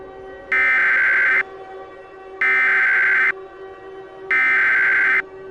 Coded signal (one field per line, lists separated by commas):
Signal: Emergency Alert System (SAME) tones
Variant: header bursts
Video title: The 1,000 (An EAS Special Scenario)